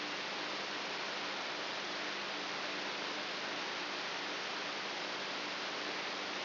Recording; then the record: brain microelectrode recording played as sound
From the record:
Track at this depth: inside the subthalamic nucleus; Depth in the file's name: 1.84 mm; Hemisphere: right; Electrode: 3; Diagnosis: Parkinson's disease